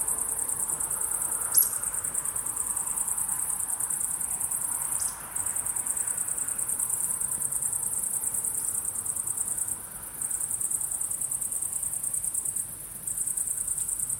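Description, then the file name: Crickets trilling in fast, high pulses, the chorus dipping briefly at a few moments and resuming, with one sharp click near the start. Crickets chirping at sunset. "syrsor solnedgang"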